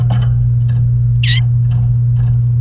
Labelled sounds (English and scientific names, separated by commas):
Domestic Canary (Serinus canaria) song